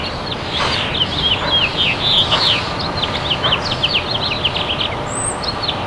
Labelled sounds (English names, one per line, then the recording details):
House Finch song
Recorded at Bay Shore on Long Island, New York, on 29 May 2013
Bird E